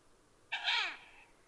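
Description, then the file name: Owl giving a single harsh, raspy screech lasting about half a second, broad and hoarse, with a faint trailing tone. Recorded 12 June 2011 at 00:30. "fukurou kaijyuu-20110612"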